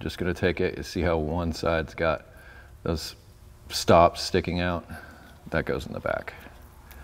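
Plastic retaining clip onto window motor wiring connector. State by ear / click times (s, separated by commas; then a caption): not seated / none. A plastic retaining clip is being moved from the old window motor wiring connector to the new one during a Honda Element power window repair, with the side that has the stops going in at the back. Someone talks throughout while handling the clip. Nothing has seated or clicked yet.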